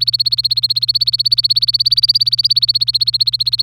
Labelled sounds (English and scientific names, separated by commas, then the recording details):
Domestic Canary (Serinus canaria) song
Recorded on 24 April 2018 at 12:59
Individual llb3